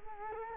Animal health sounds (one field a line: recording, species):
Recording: mosquito wingbeat signal from an infrared sensor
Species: Culex quinquefasciatus